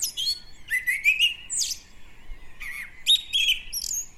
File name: Turdus merula 180806